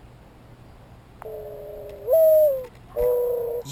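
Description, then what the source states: Mourning dove cooing: a long low hollow coo that swells and lifts briefly before sliding down, followed by a second steady coo, with a faint high electronic whine. Coo call, played from a video of mourning dove song and coo calls.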